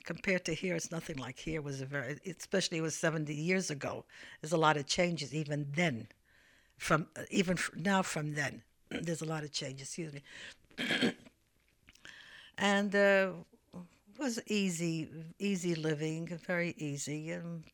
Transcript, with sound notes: Compared to here it's nothing like here was a very, especially it was seventy years ago, there was a lot of changes even then from, even now from then there's a lot of changes. Excuse me. ( she clears her throat ) And it was easy living, very easy.